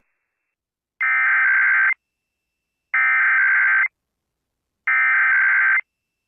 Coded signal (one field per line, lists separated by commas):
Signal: Emergency Alert System (SAME) tones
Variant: header bursts